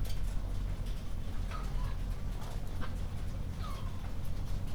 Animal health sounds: poultry house recording; sick chickens (respiratory disease)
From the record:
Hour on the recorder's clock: 23

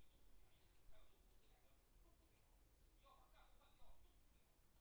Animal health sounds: poultry house recording; no chicken sound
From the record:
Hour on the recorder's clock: 16

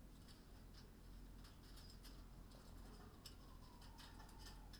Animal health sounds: poultry house recording; healthy chickens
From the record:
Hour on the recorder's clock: 19

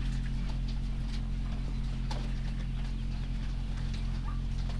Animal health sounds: poultry house recording; sick chickens (respiratory disease)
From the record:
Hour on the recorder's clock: 2

